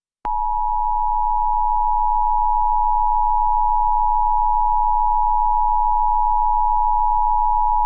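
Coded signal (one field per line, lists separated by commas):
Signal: Emergency Alert System (SAME) tones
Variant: 853 and 960 Hz attention tone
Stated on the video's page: Simulated EAS scenario, fictional July 4th special.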